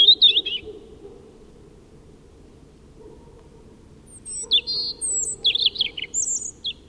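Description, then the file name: European robin giving a short high warbled phrase, then a gap of silence, then a longer phrase of thin whistles and quick twittering notes. "Erithacus rubecula"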